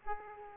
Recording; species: mosquito wingbeat signal from an infrared sensor; Aedes aegypti